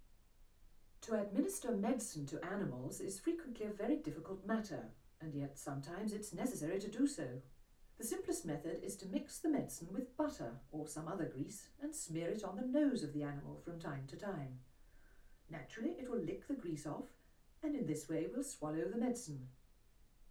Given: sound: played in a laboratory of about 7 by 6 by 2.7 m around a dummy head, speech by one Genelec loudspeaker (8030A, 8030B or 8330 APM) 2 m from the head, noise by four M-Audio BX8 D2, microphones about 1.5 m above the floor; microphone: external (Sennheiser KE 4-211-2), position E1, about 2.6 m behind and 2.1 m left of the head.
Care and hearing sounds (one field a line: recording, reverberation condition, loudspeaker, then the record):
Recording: female speech in English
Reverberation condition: low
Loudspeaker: 60 degrees to the right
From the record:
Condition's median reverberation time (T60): about 310 ms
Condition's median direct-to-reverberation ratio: about 3.5 dB